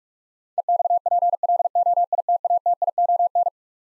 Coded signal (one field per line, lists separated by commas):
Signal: Morse code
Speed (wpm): 46 wpm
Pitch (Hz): 700 Hz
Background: none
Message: EXPLOITATION